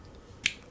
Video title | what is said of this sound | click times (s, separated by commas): Unbox Something Nice from LEATHERMAN and a New(ish) SLIPPY from Sanrenmu | locks in there and I found these to work really really well these pocket clips | 0.5 s